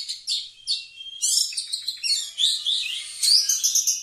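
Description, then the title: Oriental magpie-robin song, a rapid run of sweet whistles, harsh buzzy notes and chattering trills, with short pauses between phrases, no other sounds. Singing actively, a style called gacor. "Kacer Gacor"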